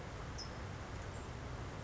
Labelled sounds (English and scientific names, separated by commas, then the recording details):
California Towhee (Melozone crissalis)
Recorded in Sonoma County, California